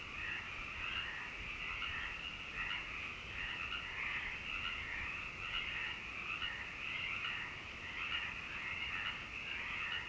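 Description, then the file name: Frogs calling in a dense, continuous chorus of overlapping croaks and trills, steady throughout with gentle rises and falls in intensity. "me froggies"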